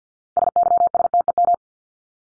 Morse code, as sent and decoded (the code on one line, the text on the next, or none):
... -.-- ... - . --
SYSTEM